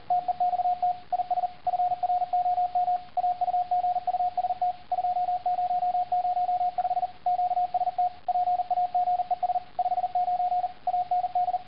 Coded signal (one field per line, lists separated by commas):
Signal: Morse code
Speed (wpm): 40 wpm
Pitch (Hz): 720 Hz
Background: radio noise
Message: TEXT IS FROM AUGUST 2005 QST PAGES 59 AND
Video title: Morse-it